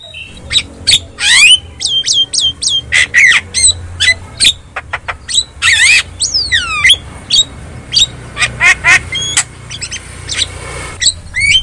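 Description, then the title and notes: Javan myna song: a dense run of harsh squawks, sharp clicks and arched, slurred whistles, delivered in rapid bursts throughout with hardly a pause. Lure sound meant to prompt a silent myna to sing. "Pancingan Jalak Kebo Bisu. Kicau Jalak Kebo"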